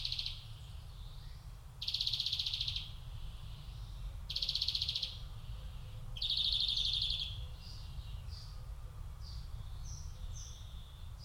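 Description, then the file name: European greenfinch giving three long, buzzy wheezes, followed by fainter short twittering notes. "Chloris chloris"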